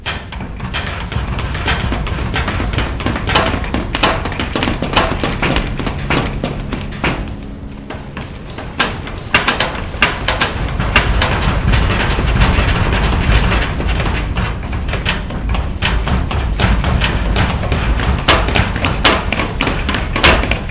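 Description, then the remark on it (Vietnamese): Many hurried footsteps thud and clatter down a staircase in a loud, continuous jumble of overlapping thumps, easing briefly partway through before the rush picks up again. “Cầu thang rầm rập, tiếng bước chân chạy xuống dưới nhà.”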